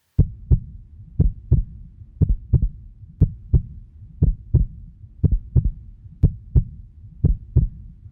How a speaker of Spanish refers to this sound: Mi corazón es lo primero que escucho.